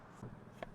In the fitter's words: press and click into place.